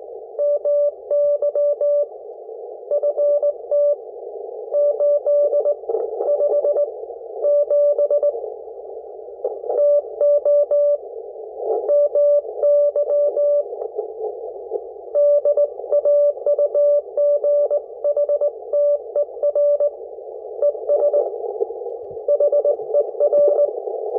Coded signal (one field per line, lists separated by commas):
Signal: Morse code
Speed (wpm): 18 wpm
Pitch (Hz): 580 Hz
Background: none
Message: MY FT 8 5 7 TO MY DAUGHTER ES HER